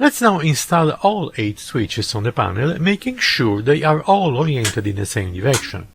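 Someone talks about snap-in rocker/toggle switches that go over their holes in a mini-lab panel and push in until the wings on two opposite sides lock. All eight switches are to be installed facing the same direction. Nothing has seated or clicked yet.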